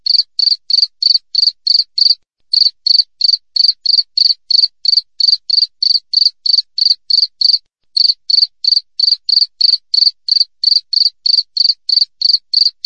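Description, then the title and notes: Cricket giving a continuous run of shrill pulsed chirps, about three each second, broken by two brief gaps. Clear natural cricket sound with tightly spaced chirps, intended as a master recording for training songbirds and for repelling rats. "Masteran Jangkrik Alam Jernih, Jeda Rapat Cocok Untuk Masteran Burung Dan Mengusir Tikus. suara jangkrik"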